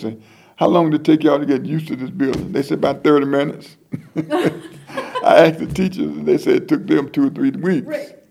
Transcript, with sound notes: I say, “How long did it take y’all to get used to this building?” They said, “About 30 minutes!” (laughter) I asked the teachers and they said took them two or three weeks!